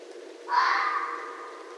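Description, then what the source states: Red fox giving a single harsh, drawn-out hoarse call that fades slowly, over a steady background hiss. Recorded on 7 December 2011.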